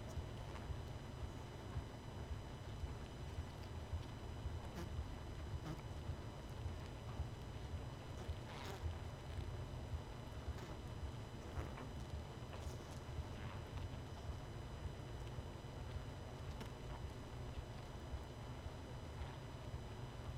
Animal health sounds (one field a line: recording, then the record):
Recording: honeybee colony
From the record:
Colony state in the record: missing queen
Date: 31 May 2018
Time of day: 20:31